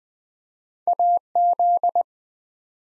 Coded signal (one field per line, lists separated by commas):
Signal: Morse code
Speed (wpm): 20 wpm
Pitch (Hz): 700 Hz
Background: none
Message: AZ